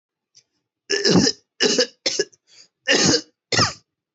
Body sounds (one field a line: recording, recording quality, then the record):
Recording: heavy voluntary cough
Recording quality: excellent, no background noise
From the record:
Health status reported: healthy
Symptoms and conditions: none ticked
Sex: male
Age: 30 years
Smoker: yes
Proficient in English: yes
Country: India